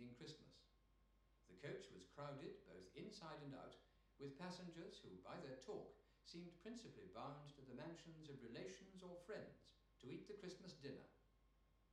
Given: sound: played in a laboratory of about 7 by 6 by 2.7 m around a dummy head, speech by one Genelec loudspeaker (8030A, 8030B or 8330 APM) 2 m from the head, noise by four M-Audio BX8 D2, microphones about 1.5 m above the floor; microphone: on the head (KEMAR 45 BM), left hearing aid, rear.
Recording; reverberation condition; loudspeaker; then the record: male speech in English; medium; behind (180 degrees)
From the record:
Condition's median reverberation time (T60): about 510 ms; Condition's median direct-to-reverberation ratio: about -0.5 dB